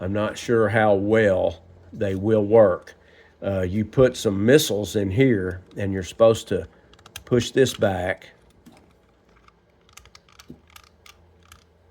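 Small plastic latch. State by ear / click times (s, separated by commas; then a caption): seated / 10.0 s, 10.1 s, 10.4 s, 10.8 s, 11.1 s, 11.5 s. Someone talks, then the plastic missile launcher on an original Corgi diecast movie car, loaded with missiles, is pushed back until it latches. It gives a run of short, sharp clicks at 10.0, 10.2, 10.4, 10.8, 11.1 and 11.5 seconds as it cocks and seats.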